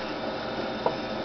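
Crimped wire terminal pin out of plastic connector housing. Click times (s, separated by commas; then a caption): 0.9 s. A crimped wire terminal pin is pulled out of a plastic connector housing after its locking tab is released. A short, sharp click at 0.9 s stands out above a steady low background hiss. The pin comes free of the housing.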